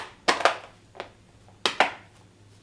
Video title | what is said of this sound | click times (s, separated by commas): Panda Stainless Steel Wringing Basket Spin Mop & Bucket System | you can hear it click | 1.7 s